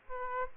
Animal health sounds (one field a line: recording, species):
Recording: mosquito wingbeat signal from an infrared sensor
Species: Aedes aegypti